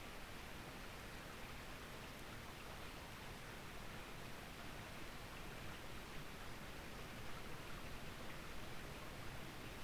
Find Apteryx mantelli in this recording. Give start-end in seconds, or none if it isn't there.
none